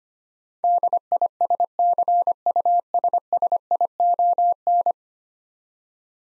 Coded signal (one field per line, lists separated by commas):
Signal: Morse code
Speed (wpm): 25 wpm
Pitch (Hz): 700 Hz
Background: none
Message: DISCUSSION